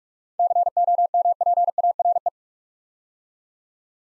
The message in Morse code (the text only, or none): COMPARE